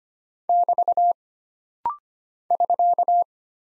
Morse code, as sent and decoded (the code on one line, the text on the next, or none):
-...- / ...-.-
<BT> <SK>